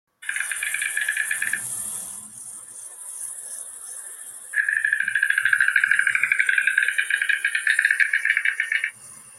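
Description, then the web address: White stork with a short rapid clatter, a brief lull, then a longer loud run of dry clicking pulses, all over a continuous thin high hiss. "Cegonha Branca"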